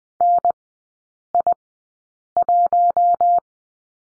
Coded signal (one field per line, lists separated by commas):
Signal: Morse code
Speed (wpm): 20 wpm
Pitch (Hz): 700 Hz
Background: none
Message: NI1